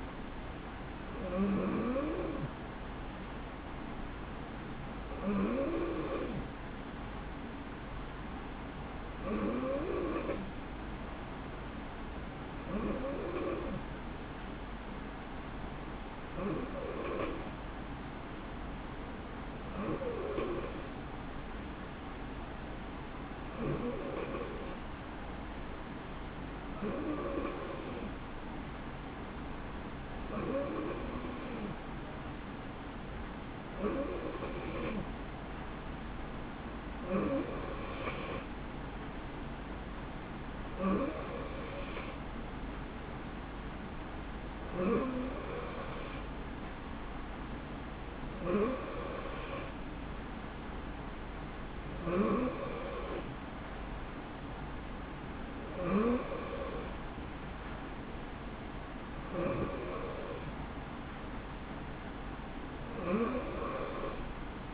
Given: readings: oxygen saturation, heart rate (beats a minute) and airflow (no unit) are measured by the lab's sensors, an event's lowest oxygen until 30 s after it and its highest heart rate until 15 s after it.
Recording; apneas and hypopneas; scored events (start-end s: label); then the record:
breathing in sleep by a voice recorder at the bedside; 1
3.00-32.00 s: hypopnea (N2, oxygen 91% highest, then 88% lowest, heart rate 66 at the start, 72 highest)
From the record:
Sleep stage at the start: N2 (light sleep); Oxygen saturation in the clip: 88 to 91%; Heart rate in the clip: 63 to 72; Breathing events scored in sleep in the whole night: 160 in 9.3 hours asleep